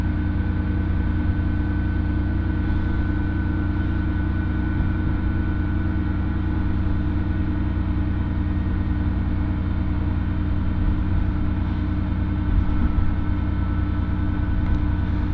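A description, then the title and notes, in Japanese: Inside the first Oito Line train out of Itoigawa, heading for Minami-Otari. A steady, heavy engine drone with a deep rumble fills the whole stretch, with a faint high whine held throughout and a slight swell in loudness near the end. 耳で楽しむ鉄道旅 大糸線 糸魚川→平岩。糸魚川を出る大糸線の始発列車で南小谷へと向かいます。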